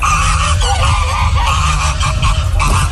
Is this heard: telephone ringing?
no